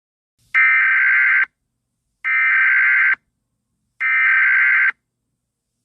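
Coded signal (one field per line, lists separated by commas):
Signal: Emergency Alert System (SAME) tones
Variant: header bursts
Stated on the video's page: Mock (simulated) tribute alert, a remake made for entertainment; the real EAS was not used.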